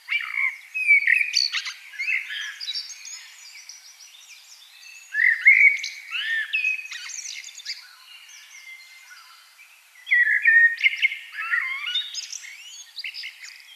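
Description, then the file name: Common blackbird song, three rich warbling phrases roughly five seconds apart, each trailing off into scratchy high twittering notes. "Turdus merula"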